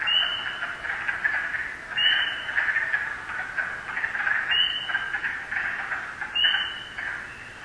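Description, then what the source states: Spring peeper peeping, with bright upslurred notes spaced about two seconds apart over a thick, constant frog chorus. First spring peepers heard calling this season.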